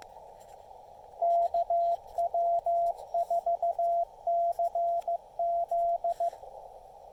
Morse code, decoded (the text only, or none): KW4CZ